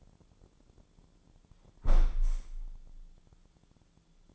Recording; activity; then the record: daily activity, microphone in the room; close window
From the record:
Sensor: 5